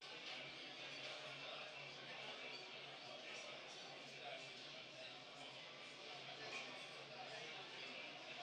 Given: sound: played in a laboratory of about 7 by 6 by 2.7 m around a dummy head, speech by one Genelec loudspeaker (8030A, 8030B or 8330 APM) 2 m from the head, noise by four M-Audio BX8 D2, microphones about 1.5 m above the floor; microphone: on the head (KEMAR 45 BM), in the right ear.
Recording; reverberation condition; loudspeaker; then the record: cafeteria noise; medium; four, about 170 cm from the corners of the room and facing them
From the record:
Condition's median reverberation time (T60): about 510 ms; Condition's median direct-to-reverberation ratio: about -0.5 dB